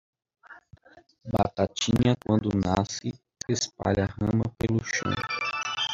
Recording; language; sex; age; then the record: short text; Brazilian Portuguese; male; 30 to 39 years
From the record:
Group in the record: control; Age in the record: 39 years